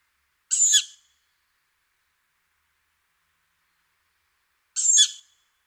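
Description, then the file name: Tawny owl with two rough, hissy screeches roughly four seconds apart, each brief and grating, nothing else audible. "hulotte"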